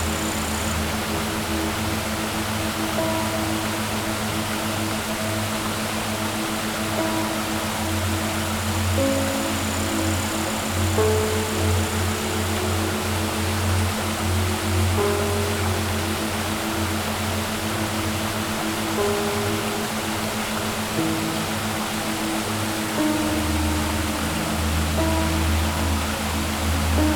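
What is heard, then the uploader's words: Water pours down under a waterfall in a steady, dense rush that holds at an even level for the whole clip. A low rumble runs underneath, with faint tonal hums drifting in and out, and a few brief bright traces near the start. Under The Waterfall.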